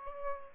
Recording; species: mosquito wingbeat signal from an infrared sensor; Aedes aegypti